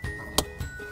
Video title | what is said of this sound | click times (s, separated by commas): 2013 Subaru Crosstrek Wiring Harness Installation | aftermarket plug and just simply put it right in and it snaps right into place just like | 0.4 s